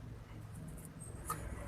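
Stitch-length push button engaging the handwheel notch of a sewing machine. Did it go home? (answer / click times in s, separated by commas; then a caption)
yes / 1.3 s. On an overlock (serger) sewing machine, the stitch-length push button is held down while the handwheel is turned until the button drops into the handwheel notch. Over a low, steady background rumble, a faint tick comes at 0.9 s, then a sharp, bright click at 1.3 s as the stitch-length detent seats in its catch.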